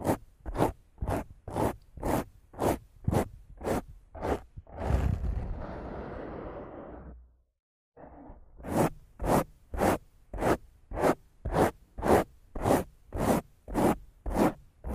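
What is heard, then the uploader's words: Rough scratching and brushing against a microphone in quick, regular strokes, about two per second, each a sharp bright rasp. Around five seconds the strokes give way to a longer rumbling rub that fades into a brief silence near seven seconds, then the steady strokes resume. Rough Mic Scratching & Brushing (No Talking).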